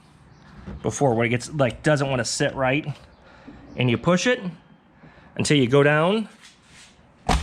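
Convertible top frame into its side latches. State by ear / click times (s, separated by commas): seated / 7.3 s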